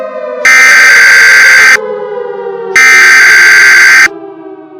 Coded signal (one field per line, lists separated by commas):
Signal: Emergency Alert System (SAME) tones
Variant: header bursts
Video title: EAS Scenario 13: The Night Of The Yanderes 2: The Return of the Yanderes